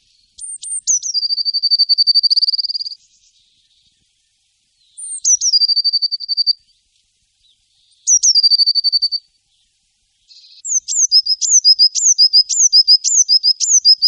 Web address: Voegel Blaumeise